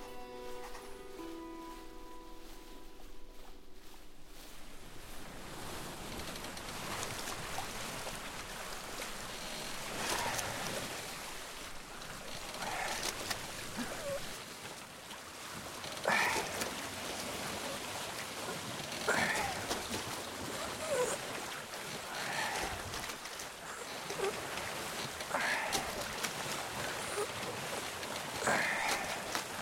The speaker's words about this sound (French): Ramène un peu de voile, le Billon. Ça souffle trop fort.